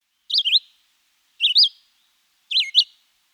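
Red-eyed Vireo song: three short, slurred phrases of up-and-down whistles, one roughly every second, with clean silence between them.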